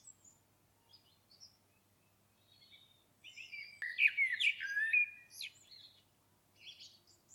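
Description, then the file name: Common blackbird song: scattered faint high notes around one loud, mellow, warbled phrase with a squeaky ending, followed by quieter twittering. "Turdus merula"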